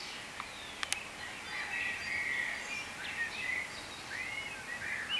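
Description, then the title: Birds chirp and twitter in a continuous mixed chorus, with a couple of sharp clicks near the start and a low hum underneath. "cizici, birds"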